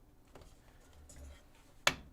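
During a gaming PC build, a clip-on part that had been on an angle, possibly a CPU cooler bracket or mount on the motherboard or cooler, is turned around and pushed home. After a few faint ticks, one loud, sharp click sounds at 1.9 s with a short ring-off. The part clips into place and is seated.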